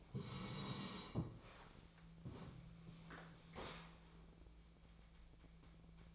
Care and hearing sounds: daily activity, microphone in the room; sit down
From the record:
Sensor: 1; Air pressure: 1000.5 hPa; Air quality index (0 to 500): 176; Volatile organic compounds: 4 ppm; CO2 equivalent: 1637 ppm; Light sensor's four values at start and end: 13/31/13/15 and 13/32/13/15

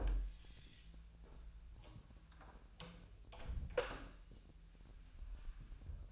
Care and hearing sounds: daily activity, microphone in the room; close door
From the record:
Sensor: 2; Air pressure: 1001.1 hPa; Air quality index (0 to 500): 250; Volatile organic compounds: 94 ppm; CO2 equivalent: 3712 ppm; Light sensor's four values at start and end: 10/24/10/10 and 10/23/10/10

